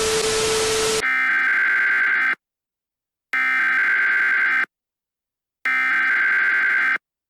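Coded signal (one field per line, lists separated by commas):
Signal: Emergency Alert System (SAME) tones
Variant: header bursts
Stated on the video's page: Fictional EAS scenario, a requested series finale.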